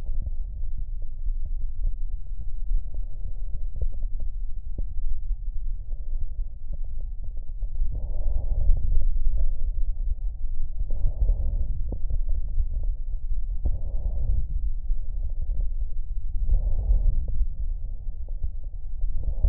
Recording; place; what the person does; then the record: lung sounds by stethoscope; left anterior apical chest; quiet breathing, then deep breathing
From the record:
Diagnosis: COPD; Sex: male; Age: 77 years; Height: 172 cm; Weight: 85.2 kg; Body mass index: 28.8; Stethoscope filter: extended mode